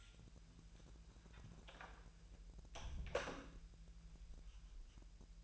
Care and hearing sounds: daily activity, microphone in the room; close door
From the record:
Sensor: 2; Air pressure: 1001.2 hPa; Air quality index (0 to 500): 249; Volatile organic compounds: 90 ppm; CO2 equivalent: 3686 ppm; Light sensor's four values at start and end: 10/24/10/10 and 10/24/10/10

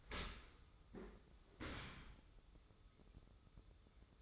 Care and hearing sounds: daily activity, microphone in the room; open dishwasher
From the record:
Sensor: 3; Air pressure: 995.8 hPa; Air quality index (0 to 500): 96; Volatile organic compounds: 13 ppm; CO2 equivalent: 2414 ppm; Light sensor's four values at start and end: 29/87/37/32 and 29/87/37/32

